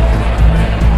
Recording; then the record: background sound without coughing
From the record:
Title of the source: Party Noise 1 Hour Party Ambience